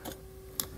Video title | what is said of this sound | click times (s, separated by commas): etrailer - Hopkins Trailer Connector Socket Installation - 2020 Ram 1500 | And then all we gotta do, snap that into place, make sure you got a good connection, | 0.6 s